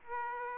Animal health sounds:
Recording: mosquito wingbeat signal from an infrared sensor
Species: Aedes aegypti

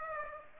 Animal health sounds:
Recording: mosquito wingbeat signal from an infrared sensor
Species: Aedes aegypti

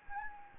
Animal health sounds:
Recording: mosquito wingbeat signal from an infrared sensor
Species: Anopheles gambiae

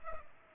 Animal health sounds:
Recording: mosquito wingbeat signal from an infrared sensor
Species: Culex pipiens

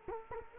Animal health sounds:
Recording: mosquito wingbeat signal from an infrared sensor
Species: Culex quinquefasciatus

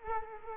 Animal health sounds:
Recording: mosquito wingbeat signal from an infrared sensor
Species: Culex quinquefasciatus

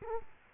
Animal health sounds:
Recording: mosquito wingbeat signal from an infrared sensor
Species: Culex quinquefasciatus

